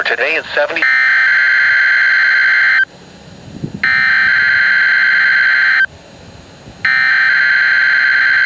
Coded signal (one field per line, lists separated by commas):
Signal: Emergency Alert System (SAME) tones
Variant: header bursts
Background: speech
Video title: 2026 Ohio Statewide Tornado Drill - EAS Alerts From 3/18/2026 (EAS #592)